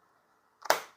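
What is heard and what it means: The plastic paper cover of a KIS-8630QN wireless card payment terminal is pressed shut in the middle after the receipt paper roll is loaded and its end pulled out straight. Faint low noise gives way to a quick double snap at 0.7 s and 0.7 s, with the louder second snap ringing briefly. The cover latches closed.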